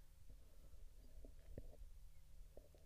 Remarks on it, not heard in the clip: Can you hear my stomach growling? It's because I haven't eaten yet. Because I just woke up.